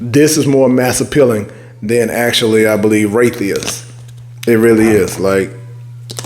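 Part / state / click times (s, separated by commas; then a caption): cap onto perfume bottle / not seated / none. Someone talks over a steady low hum while a cap is handled on a perfume bottle, with two brief, faint taps near the end at about 6.1 and 6.2 seconds. The clip ends before the cap snaps into place, so nothing has seated or clicked yet.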